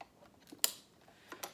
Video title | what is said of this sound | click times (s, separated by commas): Setting up Your CapTel Phone (2400i) | once inserted entirely you should feel it click | 0.6 s